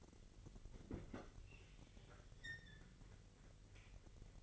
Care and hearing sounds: daily activity, microphone in the room; open fridge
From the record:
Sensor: 4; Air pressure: 1002.8 hPa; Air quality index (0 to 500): 245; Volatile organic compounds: 18 ppm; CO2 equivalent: 2620 ppm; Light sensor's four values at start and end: 4/10/3/4 and 4/9/3/4

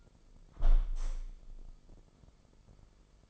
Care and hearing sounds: daily activity, microphone in the room; close window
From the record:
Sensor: 5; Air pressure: 995.8 hPa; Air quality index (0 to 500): 93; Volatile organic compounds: 5 ppm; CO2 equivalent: 1766 ppm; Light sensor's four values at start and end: 40/97/39/40 and 40/97/39/40

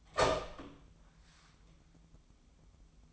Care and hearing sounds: daily activity, microphone in the room; open door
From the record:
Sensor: 1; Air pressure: 1004.9 hPa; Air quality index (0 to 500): 82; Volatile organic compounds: 2 ppm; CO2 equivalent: 1101 ppm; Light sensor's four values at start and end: 9/22/9/9 and 9/23/9/10

